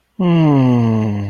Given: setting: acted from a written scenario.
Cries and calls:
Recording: vocal sound without words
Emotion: serenity

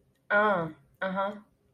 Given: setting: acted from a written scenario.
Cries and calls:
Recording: vocal sound without words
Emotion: realization

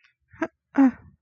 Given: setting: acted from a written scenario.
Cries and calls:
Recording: vocal sound without words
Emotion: neutral

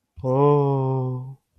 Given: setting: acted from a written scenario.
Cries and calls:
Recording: vocal sound without words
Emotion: sympathy

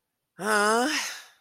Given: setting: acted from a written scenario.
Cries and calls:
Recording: vocal sound without words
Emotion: anger

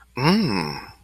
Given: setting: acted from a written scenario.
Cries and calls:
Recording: vocal sound without words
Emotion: interest

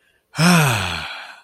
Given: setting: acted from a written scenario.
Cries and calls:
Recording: vocal sound without words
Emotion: ecstasy

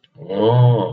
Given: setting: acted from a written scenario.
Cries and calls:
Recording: vocal sound without words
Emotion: awe

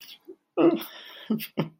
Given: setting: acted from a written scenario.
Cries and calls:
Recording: vocal sound without words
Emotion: sadness

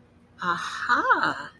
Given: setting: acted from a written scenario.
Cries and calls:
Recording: vocal sound without words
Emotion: realization

